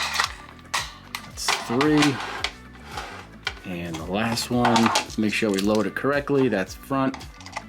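A plastic toy race car, the last of the set, is lined up front-first and handled at the mouth of its plastic launcher while someone talks, with sharp clicks and knocks of plastic handling scattered throughout. The clip ends before the car is pushed home, so nothing has seated or clicked into place yet.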